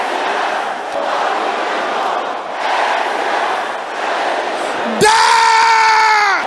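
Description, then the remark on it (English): A large audience shouts prayer loudly together, a dense, roaring wash of many voices that swells and dips, then a single voice cuts in with a sustained, strained high shout at the end. “Your voice is not loud enough.”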